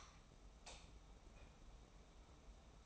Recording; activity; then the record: daily activity, microphone in the room; light on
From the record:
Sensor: 1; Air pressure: 991.0 hPa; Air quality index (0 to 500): 107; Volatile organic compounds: 91 ppm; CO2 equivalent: 3689 ppm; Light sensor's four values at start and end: 22/50/22/23 and 26/65/27/28